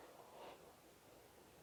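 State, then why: Not seated. A pressure canner lid is pressed down onto the canner pot so its sealing ring seats on the pot rim, lined up before being turned to lock. There is a soft, broadband rubbing and pressing sound that peaks around 0.4–0.5 seconds and then fades into a low steady hiss. No click is heard, and nothing has seated or locked with a click yet.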